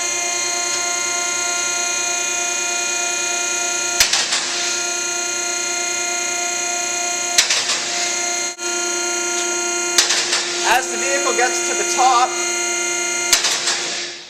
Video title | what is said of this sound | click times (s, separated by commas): Rotary Four Post Hoist | you want to make sure that all the latches have clicked once and you've heard it you can hear all four | 4.0 s, 4.1 s, 7.4 s, 10.0 s